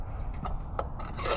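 A red plastic line lock on a fuel line quick-connect fitting at a fuel pump is pulled back at the top so its bumps clear the ridge on the metal line. Amid a steady rubbing, rasping sound, it clicks into place at 0.8 s and stays open, released.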